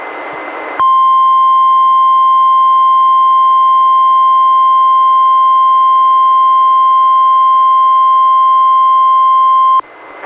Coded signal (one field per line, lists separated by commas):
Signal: Emergency Alert System (SAME) tones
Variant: 1050 Hz attention tone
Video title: EAS #307-310: 4 NWR Required Weekly Tests- May 22-June 12, 2019